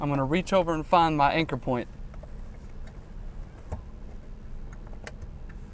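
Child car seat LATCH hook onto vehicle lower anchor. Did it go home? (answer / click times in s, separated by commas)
yes / 5.1 s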